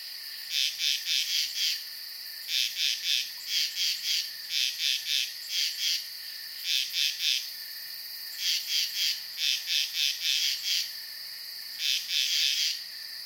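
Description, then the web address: Night insects giving rapid, repeated clusters of high chirps, close together, above a constant shrill hum. Night ambience. "sound-effects-bible Night Insects Frogs"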